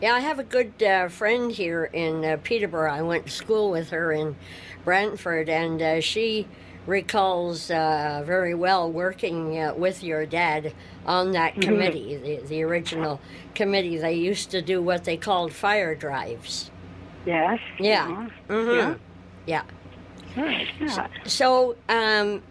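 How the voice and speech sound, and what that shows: A woman recalls a school friend and a committee in fluent, clear conversational speech, with brief listener acknowledgements.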